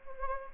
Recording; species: mosquito wingbeat signal from an infrared sensor; Anopheles gambiae